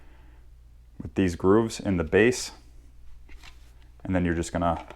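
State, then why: Not seated. A battery pack for a Rigid R862311 impact driver is being lined up with its grooves against the grooves in the driver base, ready to be slid in, while someone talks. Only faint handling noise is heard under the speech, and the battery has not seated or clicked yet.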